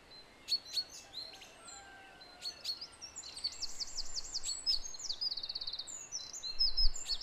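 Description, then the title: Song thrush song: sharp isolated notes at first, then fast repeated buzzy and whistled note series, with a low rumble underneath. Recorded at 06h. "Zanglijster 06h"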